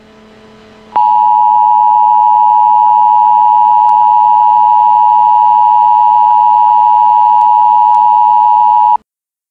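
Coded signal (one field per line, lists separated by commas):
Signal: Emergency Alert System (SAME) tones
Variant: 853 and 960 Hz attention tone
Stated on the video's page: Fictional EAS scenario based on SCP-096, made with an EAS simulator.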